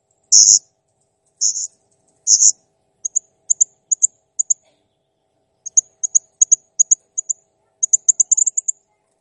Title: Masteran Burung Serindit Masteran Serindit Gacor Jernih